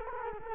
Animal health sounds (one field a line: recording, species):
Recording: mosquito wingbeat signal from an infrared sensor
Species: Culex quinquefasciatus